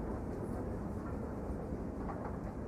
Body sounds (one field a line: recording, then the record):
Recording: background sound without coughing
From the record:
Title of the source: Train Ride Ambience ambient white noise for sleeping, focus, studying, reading